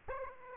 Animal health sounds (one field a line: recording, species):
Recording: mosquito wingbeat signal from an infrared sensor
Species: Aedes aegypti